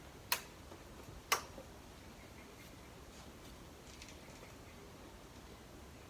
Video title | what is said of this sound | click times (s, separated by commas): Au Ford 2 service spark plugs , oil & oil filter | that's it, that's better. Okay, the click then. | 0.3 s, 1.3 s